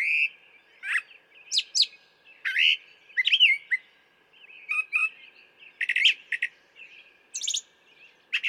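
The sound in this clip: Brown thrasher song, a fast, varied sequence of whistled slurs, chips and buzzy notes, many in doubled pairs, with a constant faint whine behind.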